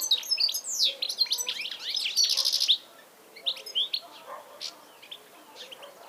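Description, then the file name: European goldfinch twittering, quick liquid chirps and a buzzy trill in the first three seconds, then sparse notes trailing off. "Carduelis carduelis"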